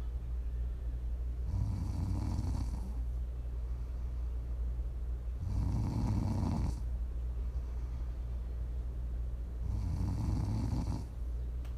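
An adult woman snoring in her sleep, three low rumbling snores about every 4 seconds with quieter breathing between, offered as ASMR snoring.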